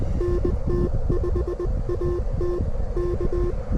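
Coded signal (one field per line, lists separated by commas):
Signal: Morse code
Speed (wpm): 20 wpm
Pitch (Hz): 350 Hz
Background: none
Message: NT5AT K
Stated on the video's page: Morse code at 25 WPM during a POTA park activation at a state park, in strong wind.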